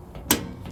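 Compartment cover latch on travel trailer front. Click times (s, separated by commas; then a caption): 0.3 s. A front exterior compartment cover on a 2023 Overland Ember 221MSL travel trailer, apparently over the propane tanks, is pushed shut until its latch clicks. A sharp, bright click at 0.3 s stands well above the quiet background, with faint softer sounds around it. The latch seats and the cover is closed.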